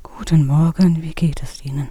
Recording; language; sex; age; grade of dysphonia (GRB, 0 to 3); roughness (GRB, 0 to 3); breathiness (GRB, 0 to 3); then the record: spoken sentence; German; female; 50 to 59 years; 2; 0; 2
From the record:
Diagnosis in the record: recurrent laryngeal nerve paralysis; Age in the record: 57 years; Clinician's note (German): Idiopatische Form li, kein Anhalt auf Aryluxation, strobosk. keine Restbeweglichkeit